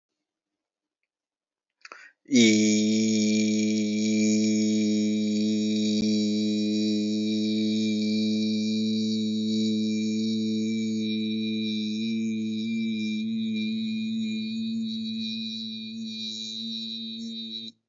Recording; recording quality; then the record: sustained vowel as in beet; excellent, no background noise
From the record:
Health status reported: exposed to COVID-19, no respiratory illness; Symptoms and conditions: sore throat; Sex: male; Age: 42 years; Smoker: not ticked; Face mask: not worn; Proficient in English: yes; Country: India